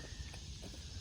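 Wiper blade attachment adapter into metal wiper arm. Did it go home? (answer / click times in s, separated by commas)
no / none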